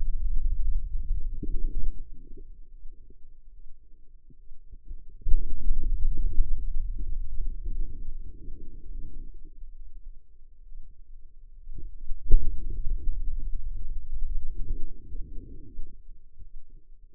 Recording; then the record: forearm muscle sounds (acoustic myography)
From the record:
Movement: pen grasping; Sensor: system 2, bracelet of six BSWA MPA416 microphones around the upper forearm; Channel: 6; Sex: female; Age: 25 years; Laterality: right